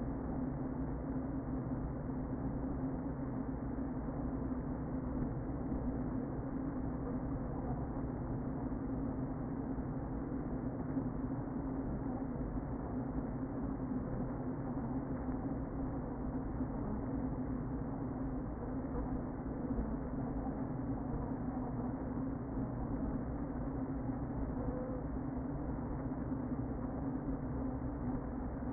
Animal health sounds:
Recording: honeybee colony, microphone inside the hive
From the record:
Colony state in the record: queen present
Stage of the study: before two queens were removed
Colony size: about 60,000 bees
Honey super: yes

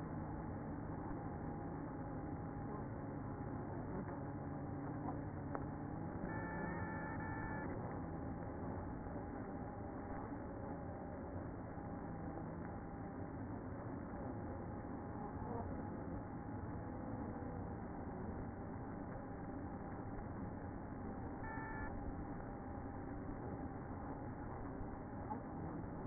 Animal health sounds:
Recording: honeybee colony, microphone inside the hive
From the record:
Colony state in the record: queen present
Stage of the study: after two queens were removed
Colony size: about 60,000 bees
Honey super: yes

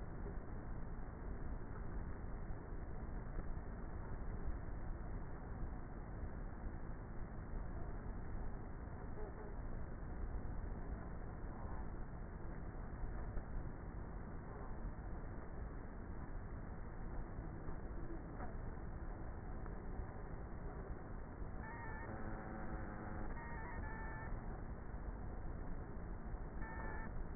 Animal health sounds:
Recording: honeybee colony, microphone inside the hive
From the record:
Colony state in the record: queenless with a low population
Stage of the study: before two queens were removed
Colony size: about 30,000 bees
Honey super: no

